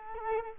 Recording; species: mosquito wingbeat signal from an infrared sensor; Culex quinquefasciatus